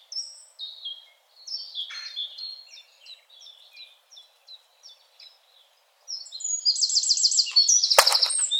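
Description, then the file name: Eurasian wren song: soft, spaced high chips for several seconds, then a loud burst of rapid trills, with a sharp click near the end. "Troglodytes troglodytes"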